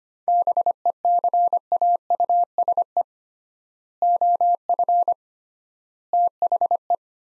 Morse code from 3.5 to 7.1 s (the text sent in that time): OF THE